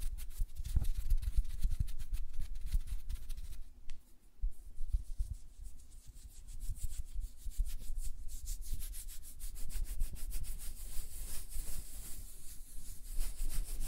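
Rapid, dense fingernail tapping and fluttering hand sounds rub on continuously, easing briefly near four seconds before returning brighter and busier.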